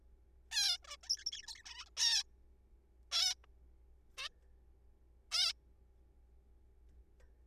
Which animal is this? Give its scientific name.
Taeniopygia guttata